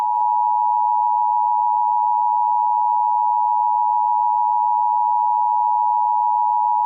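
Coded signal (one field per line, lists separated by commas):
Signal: Emergency Alert System (SAME) tones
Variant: 853 and 960 Hz attention tone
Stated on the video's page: Fictional EAS scenario, remastered.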